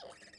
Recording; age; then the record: pig call; piglet (1 to 25 days)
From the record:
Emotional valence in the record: negative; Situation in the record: long isolation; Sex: female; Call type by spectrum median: low-frequency call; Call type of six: mixed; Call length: 0.39 s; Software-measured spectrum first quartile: 612 Hz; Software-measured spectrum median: 1604 Hz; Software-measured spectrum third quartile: 3800 Hz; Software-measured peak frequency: 536 Hz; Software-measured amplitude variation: 180 dB a second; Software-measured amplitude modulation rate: 16.7 a second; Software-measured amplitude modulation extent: 10.8 dB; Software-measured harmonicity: 3.8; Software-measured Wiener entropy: -1.83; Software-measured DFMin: 581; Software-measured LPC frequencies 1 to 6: 634, 1793, 2992, 3653, 5087, 6338 Hz